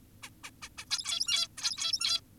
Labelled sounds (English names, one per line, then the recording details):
Zebra Finch
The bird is an adult
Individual g17y2U